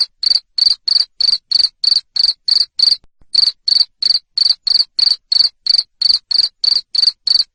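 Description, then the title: Cricket: loud chirps in a steady, rapid sequence of short trilled pulses, with a single short pause midway. Loud cricket chirping used to stimulate lovebirds to sing continuously. "Suara JANGKRIK NGERIK Keras Bikin LOVEBIRD Jadi NGEKEK Terus Vubey"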